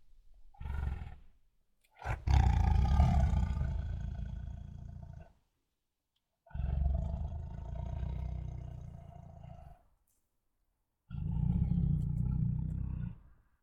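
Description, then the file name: Tiger growls and throaty breaths, three long rasping bursts of deep rumbling sound separated by short silences, with a brief sharp snort near the start. Two tigers making many throaty breaths and growls. "Two Tigers Make Many Throaty Breaths and Growls [Sound Ideas]"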